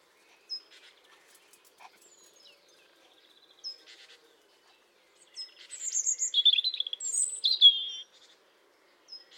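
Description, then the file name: European robin song, a short phrase of thin high whistles and fluttering warbled notes after scattered soft sharp calls, in otherwise quiet surroundings. "Erithacus rubecula"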